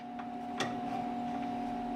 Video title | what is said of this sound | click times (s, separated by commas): The Marron Carrel 1400 Rostrum Camera review v2 | lower the magazine onto the camera and lock into place | 0.6 s